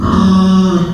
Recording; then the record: squeal of a Yucatan mini pig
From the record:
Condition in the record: after surgery on the right vocal fold (resection and tissue-engineered implant); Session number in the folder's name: 14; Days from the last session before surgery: 133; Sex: female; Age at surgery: 19 weeks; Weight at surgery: 25 kg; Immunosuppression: prednisolone